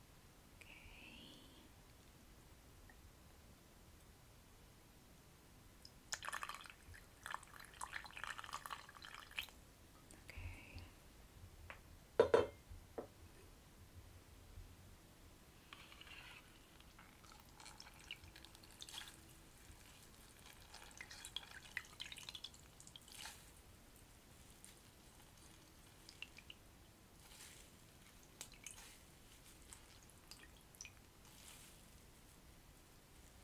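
A natural spa facial treatment and scalp massage, mostly quiet with a faint low hum. Soft rustling and brushing come in irregular bursts from about six seconds on, mixed with small drip-like wet sounds, and a single sharp tap lands near twelve seconds.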